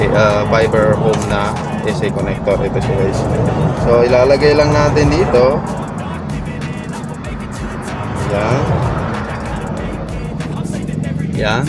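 A fiber optic cable is laid into a field SC connector and positioned, with no click heard; nothing has seated or locked yet. Someone talks throughout over music and a steady low hum with some vehicle noise.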